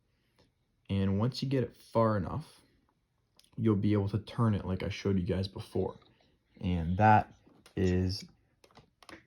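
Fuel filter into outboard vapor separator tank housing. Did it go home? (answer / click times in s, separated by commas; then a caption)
yes / 9.0 s, 9.1 s. A replacement fuel filter is wiggled onto the plastic vapor separator tank (VST) housing of a Yamaha HDPI outboard and turned until it twist-locks into place. Someone talks through most of the clip, and small clicks occur at 9.0 s and 9.1 s as the filter seats.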